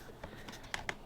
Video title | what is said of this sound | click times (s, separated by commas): How to Black Out your W204 C350 Side Mirror - Mercedes Benz C300/C350 | it's going snap into place | 0.7 s, 0.9 s